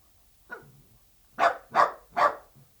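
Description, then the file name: Dachshund with a faint short yelp, then three loud sharp barks in fast succession. "Het blaffen van een teckel - Beeld en Geluid"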